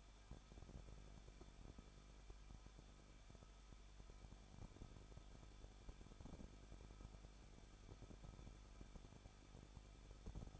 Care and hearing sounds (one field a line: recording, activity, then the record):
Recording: daily activity, microphone in the room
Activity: no activity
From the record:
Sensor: 5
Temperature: 20.8 degrees Celsius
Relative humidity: 38.3%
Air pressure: 1006.5 hPa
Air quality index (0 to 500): 186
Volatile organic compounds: 18 ppm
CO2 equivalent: 2604 ppm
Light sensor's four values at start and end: 2/3/1/1 and 2/3/1/1